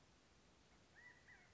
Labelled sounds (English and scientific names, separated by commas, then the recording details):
California Quail (Callipepla californica)
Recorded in Sonoma County, California